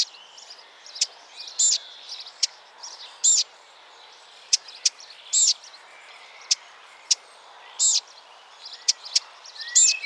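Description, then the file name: Eurasian blackcap calls: sharp dry clicks repeated irregularly, with high, thin chirps over a soft background hiss. "Sylvia atricapilla"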